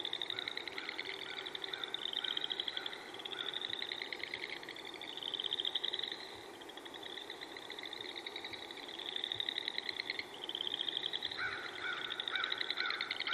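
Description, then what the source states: Chorus frogs calling in a dense overlapping chorus of rapid, trilled, rising creaks, with waves of louder and softer calling throughout. Several frogs calling together in a chorus.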